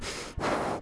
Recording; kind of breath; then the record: one breath in and out by a microphone near the nose and mouth; strong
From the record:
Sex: male